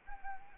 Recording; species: mosquito wingbeat signal from an infrared sensor; Anopheles arabiensis